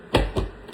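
A plastic blender attachment (a cup or jar) is fitted down onto a blender base for the first time and locks in with a sharp click at 0.1 s (0.15 s), followed by a second, softer knock. Another brief sharp sound comes at 0.8 s. The attachment is seated on the base.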